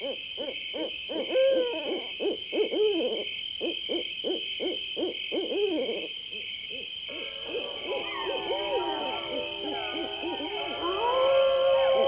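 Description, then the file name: Bird giving rapid bursts of short wavering notes, pausing, then a looser run of sliding, curved whistles over steady high-pitched background tones. "uccelli birds"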